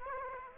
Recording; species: mosquito wingbeat signal from an infrared sensor; Aedes aegypti